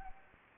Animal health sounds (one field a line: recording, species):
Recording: mosquito wingbeat signal from an infrared sensor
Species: Anopheles gambiae